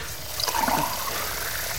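Water runs from a tap in a steady, even rush of hissing flow, with a brief brighter splashing patch early on. No one speaks.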